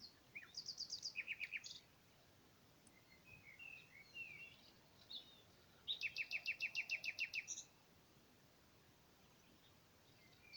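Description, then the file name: Common nightingale song: rapid repeated trill, soft warbled notes, then a longer loud run of about a dozen evenly spaced, pulsing notes, ending abruptly. "Luscinia megarhynchos"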